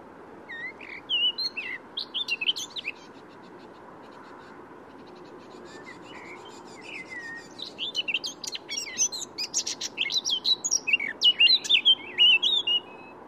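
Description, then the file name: Eurasian blackcap song: scratchy, twittering warbled phrases, a quiet stretch in the middle, then a longer, louder burst of rapid chattering and clearer whistled notes. "Sylvia atricapilla"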